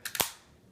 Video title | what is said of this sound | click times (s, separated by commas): Logitech Ultrathin Keyboard Cover for iPad | and it snaps right in uh when you're kind of putting it away | 0.1 s, 0.2 s